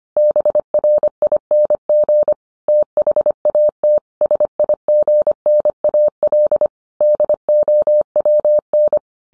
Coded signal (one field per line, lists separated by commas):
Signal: Morse code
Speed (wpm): 25 wpm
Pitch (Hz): 600 Hz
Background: none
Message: BRING THAT SIGNAL DOWN